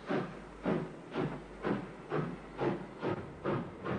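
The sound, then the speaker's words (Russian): A train running through a forest late at night with a steady, rhythmic chuffing, roughly two hissing bursts each second over a low rumble, even in loudness throughout, with no voices. “Я сижу в тускло освещенном вагоне, пробирающегося через лес поезда.”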